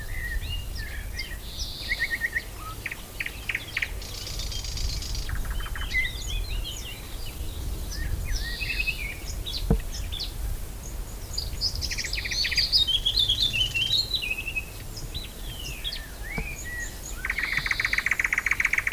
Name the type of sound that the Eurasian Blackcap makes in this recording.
song